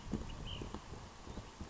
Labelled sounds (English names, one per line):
Ash-throated Flycatcher